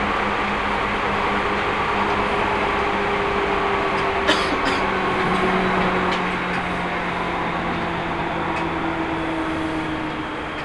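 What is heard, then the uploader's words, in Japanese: A Seibu Railway train ride: a steady, dense rumble of the moving train fills the whole clip. Low droning tones hold and shift slowly, and a few sharp clicks and rattles break through around four to five seconds and again near eight and a half seconds. 耳で楽しむ鉄道旅 西武鉄道 本川越→東村山→小川→萩山→青梅街道。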